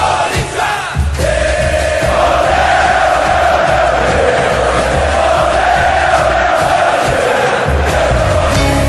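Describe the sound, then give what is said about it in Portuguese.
A loud crowd of voices sings a football anthem in unison, a dense, steady chant that swells after a brief opening and carries on without pause, with cheers mixed in: a recorded song honouring the Brazilian football club Corinthians. “gravaram uma canção homenageando o Corinthians.”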